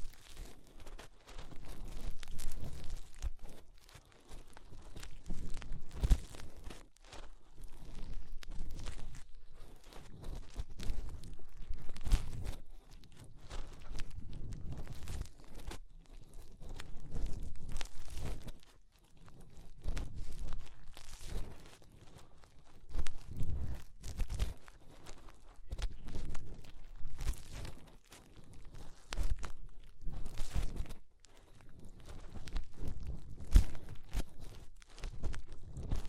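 Fingers rub and scrape inside the ear, making dense, rustling, crinkly bursts with a heavy low rumble beneath. The scratching comes in runs of a few seconds each, separated by brief near-silent pauses around 5, 12, 19 and 31 seconds.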